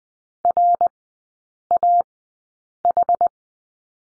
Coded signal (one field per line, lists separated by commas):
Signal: Morse code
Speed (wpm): 20 wpm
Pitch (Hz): 700 Hz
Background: none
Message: RAH